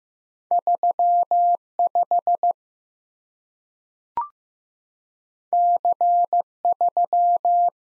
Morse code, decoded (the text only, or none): 35 C3